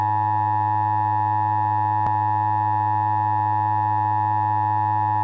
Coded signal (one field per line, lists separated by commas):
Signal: Emergency Alert System (SAME) tones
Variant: 853 and 960 Hz attention tone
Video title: EAS Mock 15: 2004 SVR